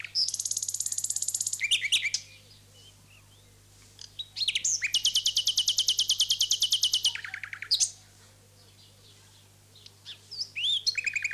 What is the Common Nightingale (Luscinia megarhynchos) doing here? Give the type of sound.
song